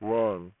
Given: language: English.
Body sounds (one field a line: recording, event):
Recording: throat vibration sensor signal played as sound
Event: speech